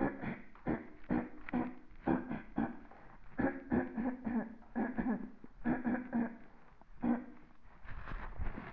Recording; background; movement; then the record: throat clearing; quiet; sitting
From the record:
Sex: female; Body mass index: 36.4 kg/m2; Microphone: on the chest, facing the body